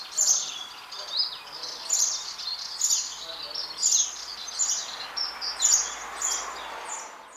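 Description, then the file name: House sparrow chirps: bright, clipped notes repeated in a steady series over background noise. "Passer domesticus"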